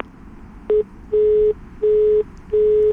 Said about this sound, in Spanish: Tengo miedo. Le están cortando el teléfono.